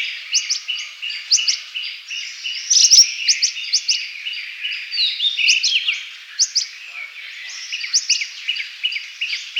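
Rosy Minivet calls: short, thin, high-pitched notes in quick bursts, some doubled, repeated throughout with softer overlapping chatter between them.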